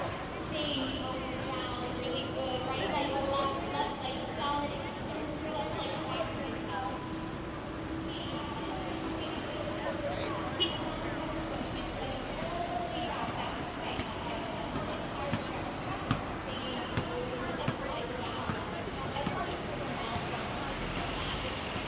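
A walk from Grand Central to Times Square, with a steady crowd of overlapping voices chattering throughout. Street noise holds a constant low rumble, and sharp clicks and knocks, like footsteps or small impacts, pop out every few seconds, especially toward the end.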